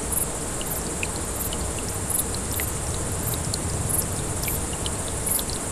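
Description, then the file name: Grasshopper buzzes come in brief high bursts at uneven intervals, set against a rushing brook with low rumble. Several grasshoppers beside a small brook, 6 August 2014, recorded on an MZ-N 710. "MZ-N 710 Ruisselet et sauterelles 6 08 14"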